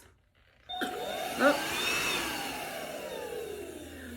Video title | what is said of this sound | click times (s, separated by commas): Holife Handheld Vacuum, Cordless with Powerful Cyclonic Suction, with Rechargeable Quick Charge Tech | i don't really see anything that makes them click into place | none